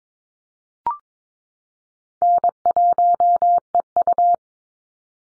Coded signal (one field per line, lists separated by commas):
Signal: Morse code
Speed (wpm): 22 wpm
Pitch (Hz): 700 Hz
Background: none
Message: N1EU